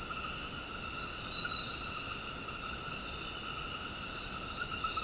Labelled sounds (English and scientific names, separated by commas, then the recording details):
none
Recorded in dense forest near Puerto Asís, Putumayo, Colombia, on 18 February 2024 at 22:00
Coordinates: 0.486, -76.316
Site G6437